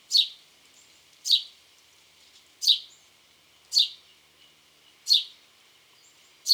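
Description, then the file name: House sparrow giving six loud, sharp chirps in a row, about 1.3 seconds apart, against a quiet background. "Passer domesticus"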